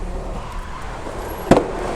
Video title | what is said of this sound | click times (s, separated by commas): 2024 Honda NT1100 - Display Replacement Complete Tutorial | from the right right side you heard the click | 1.5 s